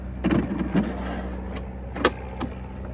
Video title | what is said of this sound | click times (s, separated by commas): POWERSMART 80V 24” ELECTRIC LITHIUM ION BATTERY DUAL STAGE SELF PROPELLED SNOWBLOWER W/LED HEADLIGHT | so uh let's put the battery in now clicks | 2.1 s